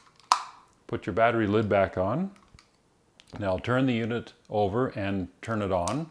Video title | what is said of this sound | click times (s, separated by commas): SOTA Bio Tuner - Model BT9 - Demonstration | push it in, snap it into place, | 0.3 s